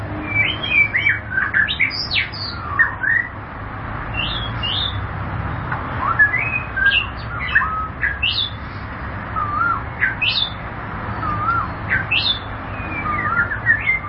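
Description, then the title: White-rumped shama song: a varied run of clear whistled and slurred notes, some rising sharply, others dropping, delivered in short phrases with brief pauses against a steady background hiss. "Kicau Murai Batu"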